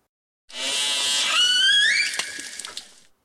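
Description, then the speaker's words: Orca call: one buzzy, pulsed call rich in harmonics that sweeps upward midway and breaks into scattered clicks, lasting about two and a half seconds. Discrete call type N47, used almost exclusively by the A30 matriline; family groups produce distinct, stable call types that appear to be taught to new group members. "Here's an example of orca call type N47, used almost exclusively by the A30 matriline."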